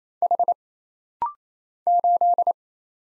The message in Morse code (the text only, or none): H 8